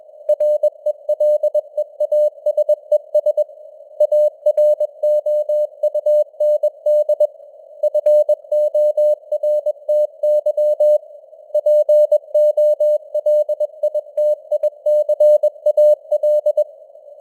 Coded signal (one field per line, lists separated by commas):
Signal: Morse code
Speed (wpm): 21 wpm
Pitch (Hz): 600 Hz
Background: none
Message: RELEASES AROUND FORTY POLITICAL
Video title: Morse Code News | 2025-11-30 | 21wpm